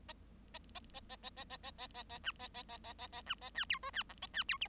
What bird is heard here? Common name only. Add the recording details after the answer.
Bengalese Finch. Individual Bird7